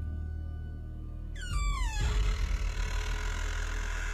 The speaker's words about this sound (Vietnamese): Nhưng đúng lúc này, điều kỳ quái là cái then cửa, nó vốn đang cài lại từ từ trượt ra. Sau đó cánh cửa chậm rãi mở ra rất chậm, rất nặng nề, rít lên những âm thanh nghe rợn người.